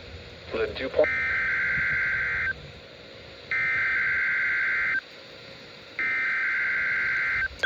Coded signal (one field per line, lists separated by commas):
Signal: Emergency Alert System (SAME) tones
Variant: header bursts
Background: speech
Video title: windy WWF75 Required Weekly Test. 1/14/26 EAS #532